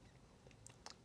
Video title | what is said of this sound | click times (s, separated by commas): Installing The Apex Extended Takedown Lever for the Hellcat | and maybe get myself positioned there we go i feel it kind of popping in there it goes it'll pop into place | 0.7 s, 0.9 s